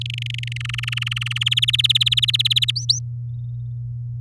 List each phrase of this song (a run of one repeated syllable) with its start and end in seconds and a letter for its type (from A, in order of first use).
0.01-0.57 A, 0.60-1.44 B, 1.46-2.71 C, 2.76-2.99 D